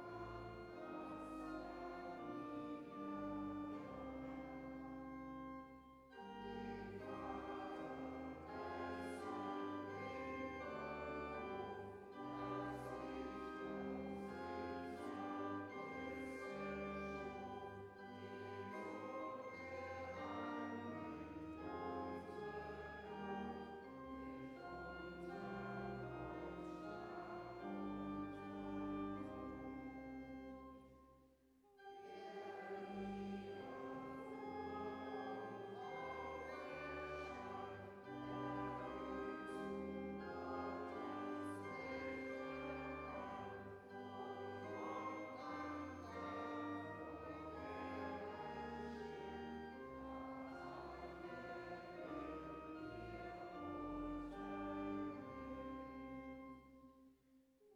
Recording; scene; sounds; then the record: everyday scene through a hearing-aid microphone; reverberant space; music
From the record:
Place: church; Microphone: behind the ear, left, rear